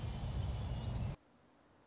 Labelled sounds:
Orange-crowned Warbler

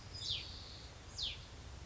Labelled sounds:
Hutton's Vireo

